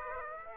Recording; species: mosquito wingbeat signal from an infrared sensor; Aedes aegypti